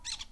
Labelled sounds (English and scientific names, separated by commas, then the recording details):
Brown-throated Parakeet (Eupsittula pertinax) contact call
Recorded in Venezuela
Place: Cerro Saroche, Hato Dalmatela, Edo. Lara
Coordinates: 10.149, -69.534